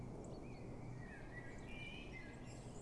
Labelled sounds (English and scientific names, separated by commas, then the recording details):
Common Blackbird (Turdus merula)
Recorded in Germany
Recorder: ecoPi